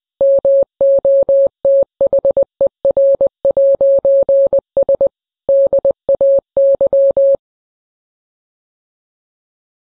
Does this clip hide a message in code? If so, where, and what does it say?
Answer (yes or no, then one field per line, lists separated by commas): yes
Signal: Morse code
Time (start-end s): 0.2-7.4 s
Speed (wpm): 20 wpm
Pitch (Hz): 550 Hz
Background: none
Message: MOTHER'S DAY